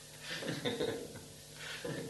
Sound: laughter

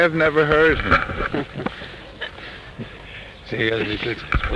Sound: chuckles

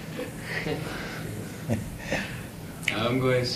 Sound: laughs

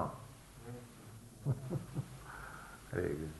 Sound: laughs

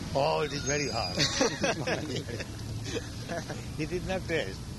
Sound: laughter

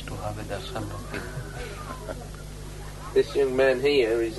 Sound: Prabhupāda chuckles

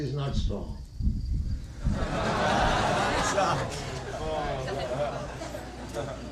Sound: laughter

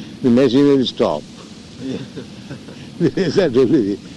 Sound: laughing

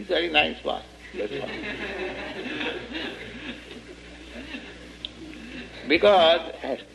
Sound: laughter

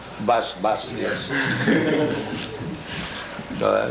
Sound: laughter

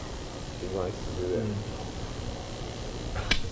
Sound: none

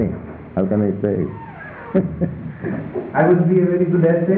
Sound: chuckles

